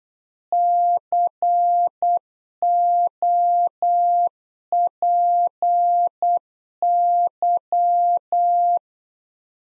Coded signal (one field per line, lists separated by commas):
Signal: Morse code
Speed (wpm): 8 wpm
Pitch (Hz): 700 Hz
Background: none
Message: COPY